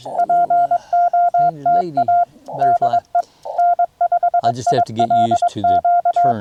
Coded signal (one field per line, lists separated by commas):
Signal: Morse code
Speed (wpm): 21 wpm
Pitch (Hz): 690 Hz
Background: speech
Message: POTA DE N5ILQ